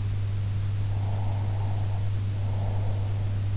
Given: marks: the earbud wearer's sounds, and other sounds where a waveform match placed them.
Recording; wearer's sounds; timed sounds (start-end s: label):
sounds in sleep by an in-ear microphone; breath
0.91-3.31 s: breath